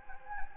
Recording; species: mosquito wingbeat signal from an infrared sensor; Anopheles gambiae